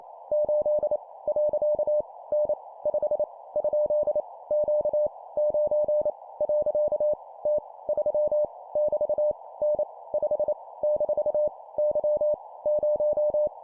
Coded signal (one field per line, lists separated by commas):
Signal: Morse code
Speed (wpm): 28 wpm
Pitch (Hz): 600 Hz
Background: none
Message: 8 . N 5 ? Q 9 . T 3 <BT> N 5 - Y 0